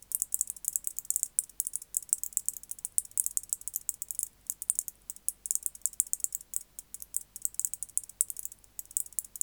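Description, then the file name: White-faced bush-cricket song, sustained high metallic rattling of rapid clicks in long bursts, with occasional short gaps. "Decticus albifrons"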